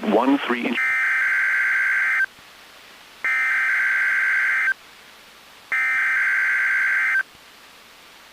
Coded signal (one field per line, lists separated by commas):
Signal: Emergency Alert System (SAME) tones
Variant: header bursts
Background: speech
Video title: NOAA Weather Radio - Weekly EAS Test - 8/8/18